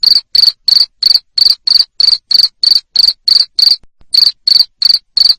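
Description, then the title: Cricket chirping: loud, shrill, high pulses repeated about three times a second, with a brief break near the fourth second. Loud cricket chirping played to stimulate lovebirds to keep singing (ngekek). "Suara JANGKRIK NGERIK Keras Bikin LOVEBIRD Jadi NGEKEK Terus Vubey"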